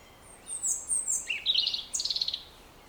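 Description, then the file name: European robin song phrase: high thin whistles slide downward into a squeaky twittering cluster, ending in a fast, even trill of bright notes. "Erithacus rubecula"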